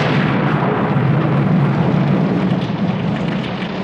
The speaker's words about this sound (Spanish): Y llovió. Y siguió lloviendo, lloviendo mucho